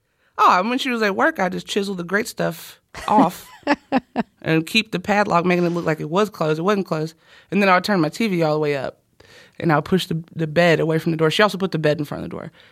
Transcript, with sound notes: Oh, when she was at work, I just chiseled the GREAT STUFF off...
(Laughter).
...And keep the padlock, making it look like it was closed. It wasn't closed. And then I would turn my TV all the way up. And I pushed the bed away from the door. She also put the bed in front of the door.